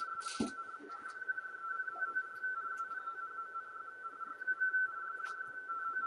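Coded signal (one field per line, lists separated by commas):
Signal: RTTY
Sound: continuous warbling two-tone teletype chatter near 1.4 kHz, rapidly alternating pitches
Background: radio static, brief clicks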